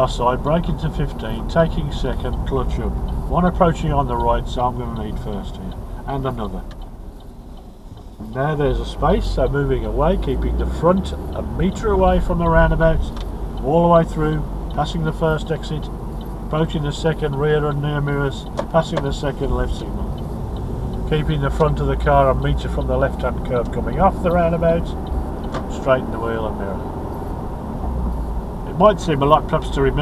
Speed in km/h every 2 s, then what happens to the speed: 27, 23, 15, 6, 0, 15, 19, 19, 19, 18, 23, 24, 29, 34, 34.
0-7 brakes to 0. 8-11 pulls away to 19. 11-18 steady at about 19. 18-26 speeds up to 34.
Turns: 11-17, 19-20.